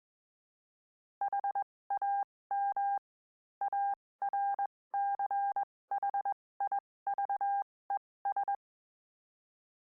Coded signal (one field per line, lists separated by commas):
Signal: Morse code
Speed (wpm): 21 wpm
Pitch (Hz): 800 Hz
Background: none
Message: HAM ARCHIVES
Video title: 2019 01 11 HAM RADIO NW